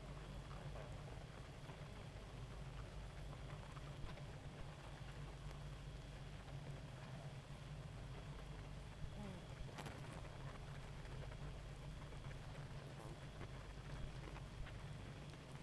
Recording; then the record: honeybee colony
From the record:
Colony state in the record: active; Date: 28 July 2017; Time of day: 1:26